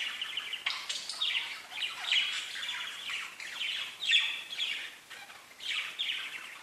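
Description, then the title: Budgerigar warbling chatter, steady scratchy chirps and downslurred squeaks in loose phrases, with a louder harsh note midway. "Budgie Sounds"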